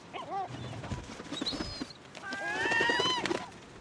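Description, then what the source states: Gull wing flaps, an irregular run of soft thumping beats, mixed with several drawn-out, harmonic gull calls that rise and fall, the loudest near the end. Seagull wing flapping.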